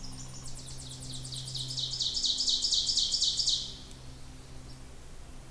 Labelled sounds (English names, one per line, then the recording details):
Ovenbird song
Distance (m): 30 m
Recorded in boreal forest in Alberta, Canada, on 26 May 2016 at 08:27
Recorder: SongMeter 3, array SBT-3-15
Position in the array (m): 35 m, 247 m
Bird 20